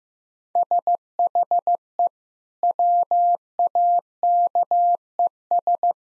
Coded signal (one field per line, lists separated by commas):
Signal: Morse code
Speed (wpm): 15 wpm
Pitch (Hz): 700 Hz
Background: none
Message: SHE WAKES